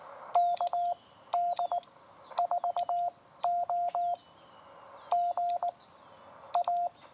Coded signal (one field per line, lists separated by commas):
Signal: Morse code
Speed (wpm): 19 wpm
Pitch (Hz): 700 Hz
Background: none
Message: KD4O GA